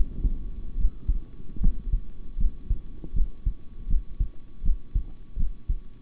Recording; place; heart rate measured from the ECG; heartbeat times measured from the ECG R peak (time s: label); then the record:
heart sounds by stethoscope; between the tricuspid and mitral areas; 78 bpm
0.76 s: heartbeat
1.59 s: heartbeat
2.37 s: heartbeat
3.13 s: heartbeat
3.87 s: heartbeat
4.62 s: heartbeat
5.36 s: heartbeat
From the record:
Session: rest, sitting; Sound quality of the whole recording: good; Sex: male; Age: 26 years